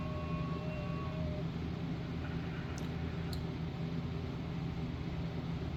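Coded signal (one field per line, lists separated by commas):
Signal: FT8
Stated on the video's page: FT8 on a Xiegu X6100 running 5 W on battery power.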